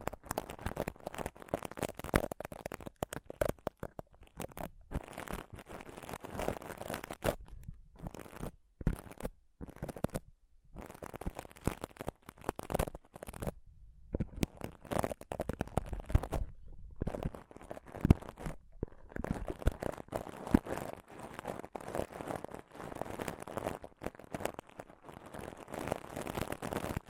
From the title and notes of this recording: ASMR Intense Mic Scratching & Touching Close-Up Mic Sounds (No Talking).